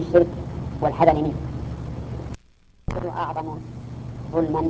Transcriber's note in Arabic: انقطاع